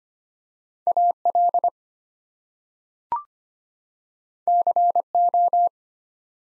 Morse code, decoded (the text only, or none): AL CO